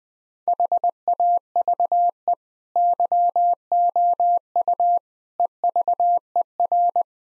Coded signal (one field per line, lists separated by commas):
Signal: Morse code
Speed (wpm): 20 wpm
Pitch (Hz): 700 Hz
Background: none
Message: HAVE YOU EVER